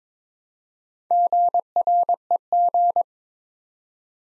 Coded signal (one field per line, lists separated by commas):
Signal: Morse code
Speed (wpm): 21 wpm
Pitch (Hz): 700 Hz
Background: none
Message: GREG